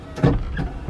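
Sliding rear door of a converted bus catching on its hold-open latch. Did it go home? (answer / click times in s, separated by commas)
yes / 0.6 s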